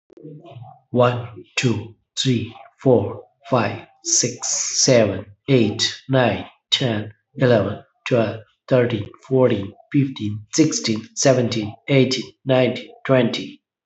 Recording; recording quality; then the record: counting at a normal pace; excellent, no background noise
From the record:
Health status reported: healthy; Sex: male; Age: 54 years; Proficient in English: yes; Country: India